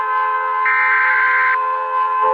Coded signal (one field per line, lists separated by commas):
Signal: Emergency Alert System (SAME) tones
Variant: header bursts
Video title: Reacting to EAS alarms 3!